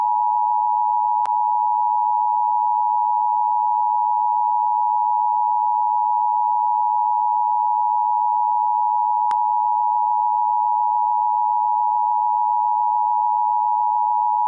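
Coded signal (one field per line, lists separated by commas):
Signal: Emergency Alert System (SAME) tones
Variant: 853 and 960 Hz attention tone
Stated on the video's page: Emergency Broadcast System alert, the system used from 1978 to 1996 before the Emergency Alert System replaced it.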